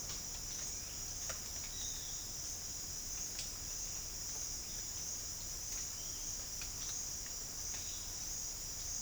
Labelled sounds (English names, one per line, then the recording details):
none
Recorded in dense forest near Puerto Asís, Putumayo, Colombia, on 8 March 2025 at 10:00
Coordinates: 0.484, -76.325
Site G045